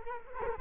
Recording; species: mosquito wingbeat signal from an infrared sensor; Culex quinquefasciatus